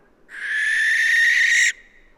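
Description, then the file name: Western barn owl delivering one rough, hissing screech of about one and a half seconds, steady in pitch, ending sharply. "Western Barn Owl Tyto alba"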